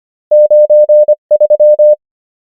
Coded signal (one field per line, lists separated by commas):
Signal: Morse code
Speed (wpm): 25 wpm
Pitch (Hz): 600 Hz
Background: none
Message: 9 3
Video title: morse code practice | 25wpm | 23fw | numbers | ENGLISH